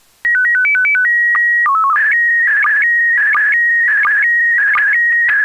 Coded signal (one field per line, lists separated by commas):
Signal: SSTV (slow-scan television)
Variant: PD 90